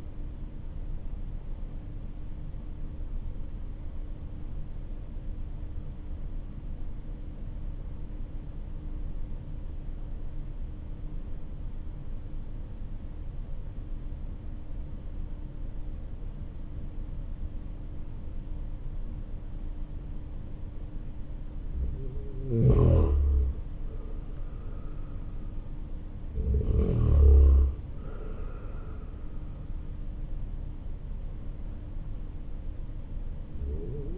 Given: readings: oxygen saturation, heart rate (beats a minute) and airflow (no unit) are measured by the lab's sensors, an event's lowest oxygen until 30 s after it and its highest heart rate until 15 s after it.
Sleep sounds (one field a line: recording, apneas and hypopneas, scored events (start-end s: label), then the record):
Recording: breathing in sleep by a smartphone at the bedside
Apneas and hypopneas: 1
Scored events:
10.00-23.10 s: obstructive apnea (N3, oxygen 96% highest, then 90% lowest, heart rate 52 at the start, 59 highest)
From the record:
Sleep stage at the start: N3 (deep sleep)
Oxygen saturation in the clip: 92 to 96%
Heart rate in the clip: 48 to 59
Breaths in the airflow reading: 2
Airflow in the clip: -8.4 to 11.6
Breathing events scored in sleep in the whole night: 304 in 5.6 hours asleep